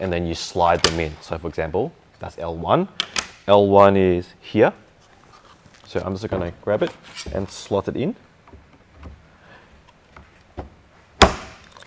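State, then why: Seated. Someone talks while plastic fin L1 is slid into its slot in a PDE V6 FL2 rear diffuser for a 2025 i30N Hatch and pushed home. A sharp snap at 11.2 s marks the fin seating and locking in place, where it will be very hard to remove.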